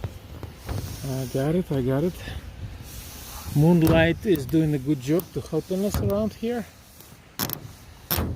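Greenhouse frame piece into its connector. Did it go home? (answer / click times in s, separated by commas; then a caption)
yes / 7.5 s, 8.1 s. Someone talks while a ClimaPod greenhouse is assembled in pitch dark, and a frame piece is pushed into its connector. Two sharp clicks at 7.5 s and 8.1 s show the piece has seated in its fitting the way it is supposed to.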